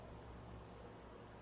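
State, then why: Not seated. A replacement battery is being handled and pressed into a Samsung Galaxy S6 phone frame with double-sided tape. Only a steady, low broadband hum with no sharp transient is heard throughout. Nothing has seated or clicked yet.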